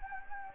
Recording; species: mosquito wingbeat signal from an infrared sensor; Anopheles gambiae